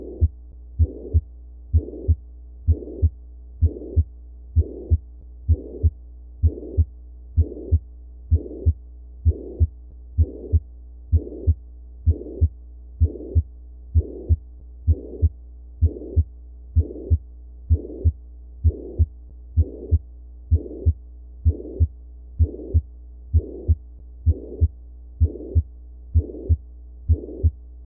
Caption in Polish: Szmer holosystoliczny z p max nad koniuszkiem serca.